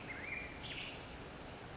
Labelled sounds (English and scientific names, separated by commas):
California Towhee (Melozone crissalis)